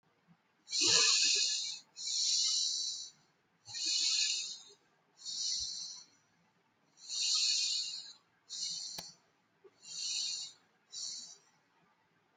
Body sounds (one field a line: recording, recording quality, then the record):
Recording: deep breathing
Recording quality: excellent, no background noise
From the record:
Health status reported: healthy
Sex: male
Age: 24 years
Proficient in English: yes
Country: India